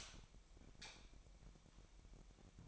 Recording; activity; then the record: daily activity, microphone in the room; light off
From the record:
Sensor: 1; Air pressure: 1012.0 hPa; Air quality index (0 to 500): 233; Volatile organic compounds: 6 ppm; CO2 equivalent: 1856 ppm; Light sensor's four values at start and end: 18/49/20/22 and 14/34/14/16